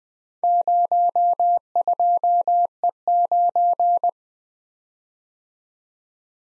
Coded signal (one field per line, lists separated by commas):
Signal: Morse code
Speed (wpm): 21 wpm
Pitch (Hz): 700 Hz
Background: none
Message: 02E9